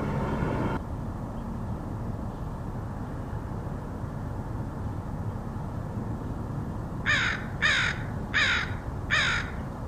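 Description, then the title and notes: Crow giving four harsh caws in quick succession near the end, after a long stretch of low ambient rumble. Recorded in Portland, Oregon, United States, in August 2003. "Crows of Portland. Crows recorded by Dan Bodah in Portland, OR, August 2003"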